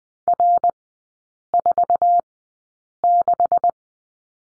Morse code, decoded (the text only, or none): R46